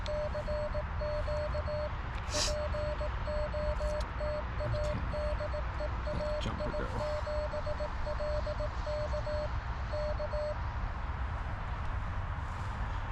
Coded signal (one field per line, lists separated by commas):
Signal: Morse code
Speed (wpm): 19 wpm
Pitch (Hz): 600 Hz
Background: music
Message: CQ POTA DE AI7LK K